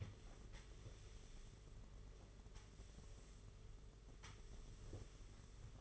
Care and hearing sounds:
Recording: daily activity, microphone in the room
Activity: sweep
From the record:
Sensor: 4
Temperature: 27.1 degrees Celsius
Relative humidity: 38.3%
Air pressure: 992.2 hPa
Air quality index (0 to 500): 110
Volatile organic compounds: 18 ppm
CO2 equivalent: 2631 ppm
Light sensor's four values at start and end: 19/64/23/25 and 17/57/21/21

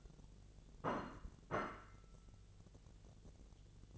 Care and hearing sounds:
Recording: daily activity, microphone in the room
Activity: place plate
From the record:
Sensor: 4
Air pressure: 1001.0 hPa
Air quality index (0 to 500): 143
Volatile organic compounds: 2 ppm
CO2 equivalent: 1057 ppm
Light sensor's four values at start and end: 26/62/26/27 and 26/62/26/27

